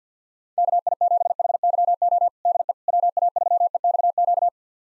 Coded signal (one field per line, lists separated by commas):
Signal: Morse code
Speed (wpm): 47 wpm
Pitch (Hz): 700 Hz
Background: none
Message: KI7HYO DE WA3EXQ